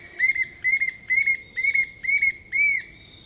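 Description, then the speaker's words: Bright-rumped attila calling, a series of six loud, clear whistled notes, each slightly slurred, repeated about every half second at a steady pitch. Costa Rica; at sunrise, calling from a perch hidden deep in the canopy; repeats its maniacal phrases until well after sunrise. "Finally, a bright-rumped Attila calls from its perch hidden deep in the canopy."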